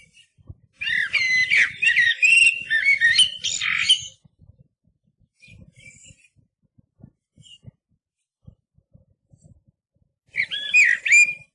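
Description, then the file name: Eurasian blackbird song: a rich, fluting warbled phrase ending in squeaky high twitters, then a long quiet gap before a second phrase starts; faint low rumble underneath. "MERLO"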